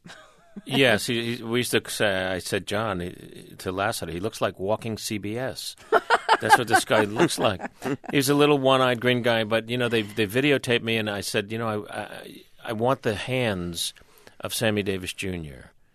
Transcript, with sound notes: Yes. We used to say - I said, John - to Lasseter - he looks like walking CBS.
(LAUGHTER)
That's what this guy looks like. He's a little one-eyed green guy. But you know, they videotaped me, and I said, you know, I want the hands of Sammy Davis Jr.